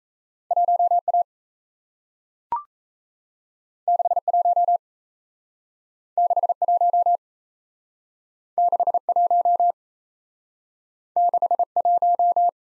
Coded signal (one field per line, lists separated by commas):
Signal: Morse code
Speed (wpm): 38 wpm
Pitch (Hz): 700 Hz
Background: none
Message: 1 A 6 1 6 1 6 1 6 1